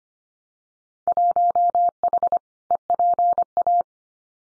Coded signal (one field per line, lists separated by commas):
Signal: Morse code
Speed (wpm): 25 wpm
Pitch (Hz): 700 Hz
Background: none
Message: 1H EPA